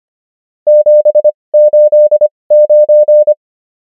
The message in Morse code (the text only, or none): 789